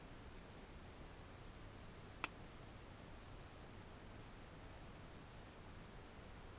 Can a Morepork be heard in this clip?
no